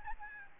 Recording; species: mosquito wingbeat signal from an infrared sensor; Aedes albopictus